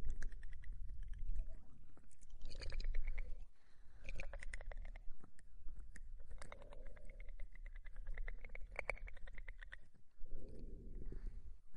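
Mouth sounds fill the clip: wet clicks, smacks and soft chewing-like noises packed densely throughout. Bursts of brighter crackle come in clusters near 2–3, 6–9 seconds, with short dips in between, over a low steady rumble underneath.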